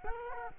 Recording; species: mosquito wingbeat signal from an infrared sensor; Culex quinquefasciatus